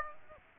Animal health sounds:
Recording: mosquito wingbeat signal from an infrared sensor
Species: Aedes aegypti

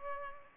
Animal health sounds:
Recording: mosquito wingbeat signal from an infrared sensor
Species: Culex pipiens

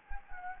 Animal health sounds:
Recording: mosquito wingbeat signal from an infrared sensor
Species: Anopheles gambiae

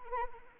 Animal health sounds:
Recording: mosquito wingbeat signal from an infrared sensor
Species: Anopheles arabiensis

